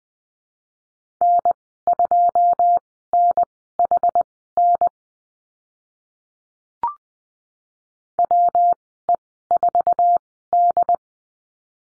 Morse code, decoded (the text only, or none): N2NHN WE4D